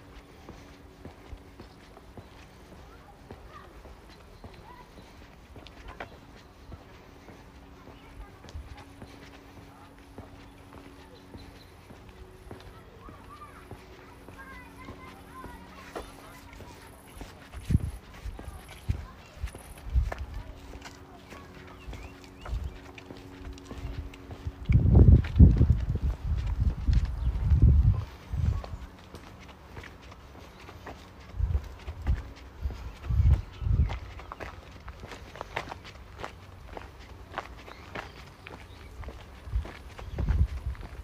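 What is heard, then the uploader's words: Walking in Modiin, Israel: quiet street ambience with a low steady hum and faint voices early on. From about 17 seconds, heavy thumping steps and knocks grow louder, peaking around 25 to 28 seconds, then continue irregularly through the end. City Park Sounds. Walking In Modiin, Israel.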